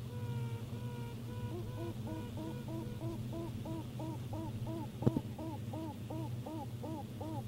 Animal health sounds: honeybee colony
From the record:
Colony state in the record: pre-swarm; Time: day

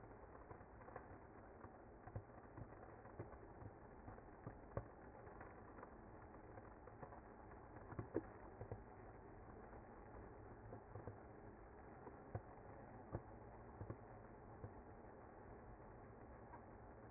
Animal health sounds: honeybee colony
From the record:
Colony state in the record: active

